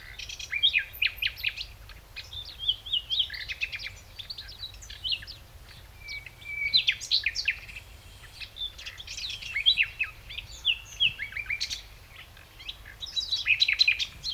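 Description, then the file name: Common nightingale song: rich, varied phrases of whistles, chirps and rattling notes in bursts separated by brief pauses. "Luscinia megarhynchos"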